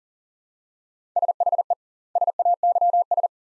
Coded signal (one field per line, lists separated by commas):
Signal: Morse code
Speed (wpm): 40 wpm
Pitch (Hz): 700 Hz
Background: none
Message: SHE SAYS